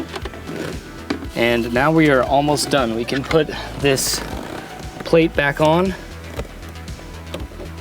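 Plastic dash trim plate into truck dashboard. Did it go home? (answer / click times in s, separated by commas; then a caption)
no / none. A plastic dash trim plate is lined up and put back onto the dashboard of a first-generation Toyota Tacoma camper truck after a double-DIN head unit install, while someone talks over background music. A few light taps and plastic handling sounds are heard, but the plate has not snapped into place yet.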